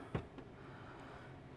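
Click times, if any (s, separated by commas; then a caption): none. A portable air conditioner unit is placed on top of its add-on battery pack and lined up, making a brief low thump at 0.2 s and a fainter knock at 0.4 s over a steady background hum. Nothing has slid home or clicked into place yet.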